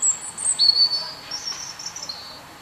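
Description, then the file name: European robin song: thin, very high drawn-out whistles with a faint trill, a soft and brief fragment of song. "Erithacus rubecula"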